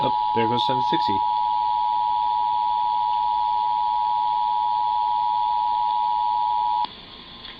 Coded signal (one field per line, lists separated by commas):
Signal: Emergency Alert System (SAME) tones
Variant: 853 and 960 Hz attention tone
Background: speech